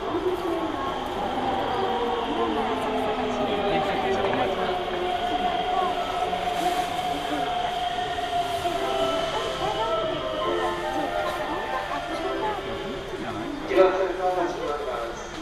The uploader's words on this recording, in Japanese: 耳で楽しむ鉄道旅 北総鉄道→都営浅草線 東松戸→人形町。正確には京成高砂から京成本線と京成押上線を通って都営浅草線に入ります。途中で車掌さんも交代するので、路線ごとのアナウンスの違いも分かると思います。